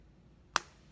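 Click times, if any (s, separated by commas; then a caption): 0.6 s. A plastic cap is pushed onto a glue stick that has been wound all the way down. A single sharp snap at 0.6 s shows the cap is closed, keeping the glue fresh for the next use. Otherwise the clip is quiet apart from a faint low hum.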